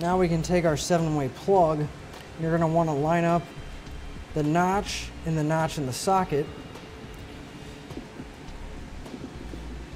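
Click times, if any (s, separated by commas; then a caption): none. A seven-way trailer wiring plug for a Demco 5th wheel/gooseneck wiring harness on a 2017 Chevrolet Silverado 2500 is lined up notch-to-notch with its harness socket before being pushed home. Someone talks over a quiet background. Nothing has seated or clicked yet.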